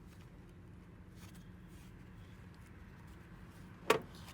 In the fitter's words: and you want to push it down until it pops.